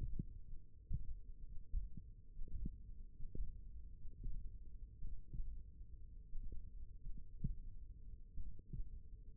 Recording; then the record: forearm muscle sounds (acoustic myography)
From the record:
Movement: finger pinch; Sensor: system 1, eight BSWA MPA416 microphones around the upper forearm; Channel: 4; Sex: male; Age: 23 years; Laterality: right